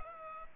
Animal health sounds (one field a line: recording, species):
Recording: mosquito wingbeat signal from an infrared sensor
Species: Culex pipiens